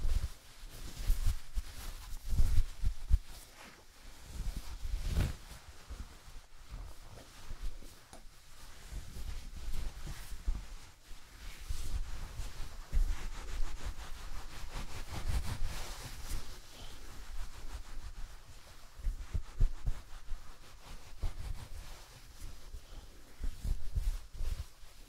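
Hair salon sounds: a busy, uneven layer of small clicks, snips and handling noises runs through the whole stretch, with soft hiss underneath. Low thumps and knocks land irregularly, heaviest around 2 to 5 seconds and again near 15 and 24 seconds.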